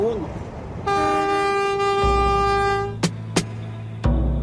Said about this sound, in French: C'est quand même sacrément rustique ce train et on se dit s'il prend le réflexe de tourner le volant pour freiner quand il remonte à bord d'une voiture, on n'aimerait pas être à bord.